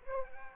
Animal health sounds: mosquito wingbeat signal from an infrared sensor; Aedes aegypti

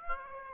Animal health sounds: mosquito wingbeat signal from an infrared sensor; Aedes aegypti

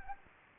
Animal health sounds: mosquito wingbeat signal from an infrared sensor; Anopheles arabiensis

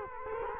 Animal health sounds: mosquito wingbeat signal from an infrared sensor; Culex quinquefasciatus

